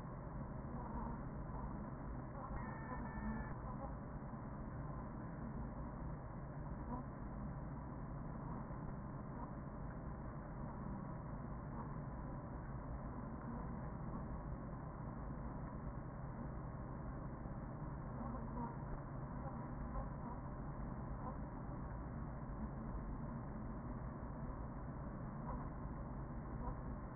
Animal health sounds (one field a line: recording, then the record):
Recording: honeybee colony, microphone inside the hive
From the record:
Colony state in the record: queen present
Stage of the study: after two queens were removed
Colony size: about 40,000 bees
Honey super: no